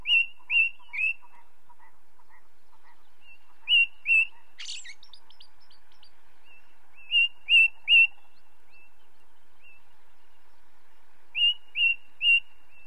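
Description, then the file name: Ring ouzel song of clear, fluty whistled notes in groups of two or three, repeated every few seconds, with one brief scratchy twitter in between. Recorded with light natural background noise. "belozobij drozd na fone legkij shum prirodi"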